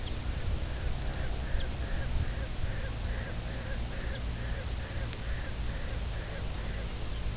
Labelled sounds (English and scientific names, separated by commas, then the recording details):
Lapland Longspur (Calcarius lapponicus), unidentified sound
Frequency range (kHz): Lapland Longspur (Calcarius lapponicus) 2.8-4.7 kHz
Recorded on Arctic tundra, site UTQI-2, on 16 June 2019
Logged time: 00:00